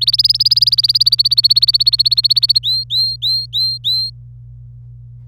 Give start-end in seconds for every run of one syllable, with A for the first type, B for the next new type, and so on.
0.01-2.59 A, 2.63-4.10 B